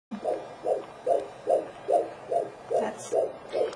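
Fast, steady whooshing pulses, about nine in under four seconds, at roughly 146 beats a minute: a fetal heartbeat on Doppler, much faster than an adult's and within the normal fetal range of 120 to 160.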